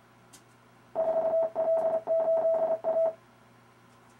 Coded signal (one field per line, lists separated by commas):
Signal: Morse code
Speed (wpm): 27 wpm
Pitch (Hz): 650 Hz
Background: none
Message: 4L8A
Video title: Demonstration of RufzXP Morse Code practice program